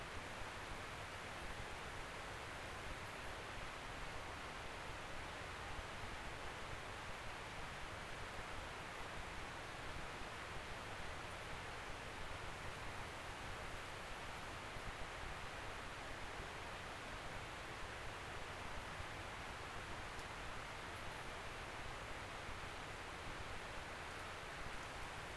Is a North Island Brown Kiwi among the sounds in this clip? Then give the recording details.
no. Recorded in New Zealand on 16 November 2013. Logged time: 21:44. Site BS16